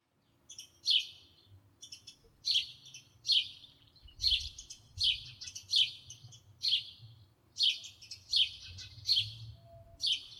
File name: Домовой Воробей